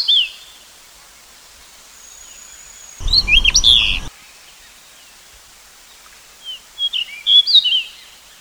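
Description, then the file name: Pied bushchat singing brief whistled phrases, one overlaid by a low rumbling burst, with a final sequence of quick, rising and falling sweet notes. "suara kicauan burung decu. omkicau"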